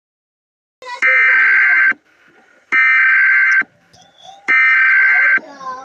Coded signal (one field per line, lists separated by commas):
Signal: Emergency Alert System (SAME) tones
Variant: header bursts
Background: speech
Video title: EAS Alert screen